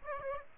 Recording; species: mosquito wingbeat signal from an infrared sensor; Aedes aegypti